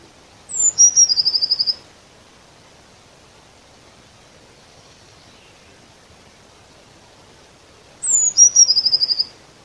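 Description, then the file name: Eurasian blue tit call given twice, about seven seconds apart: each a high descending thin note running into a quick dry chattering trill, with silence between. "Cyanistes caeruleus"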